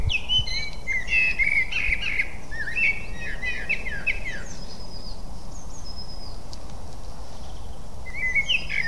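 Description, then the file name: Eurasian blackbird pouring out a long warbled phrase for about four seconds with twittery high notes, then quieter fragments and a short phrase at the end, over hiss. "Turdus merula"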